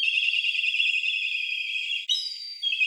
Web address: Milvus migrans